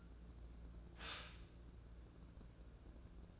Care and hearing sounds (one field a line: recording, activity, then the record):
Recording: daily activity, microphone in the room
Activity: stop toaster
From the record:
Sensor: 2